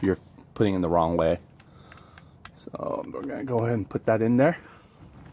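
A keyed charger plug, with notches that prevent wrong-way insertion, is being pushed toward the port of a Shorai lithium motorcycle battery. Someone talks while a few faint short ticks of handling sound between about 1.6 and 2.5 s. Nothing has seated or clicked yet.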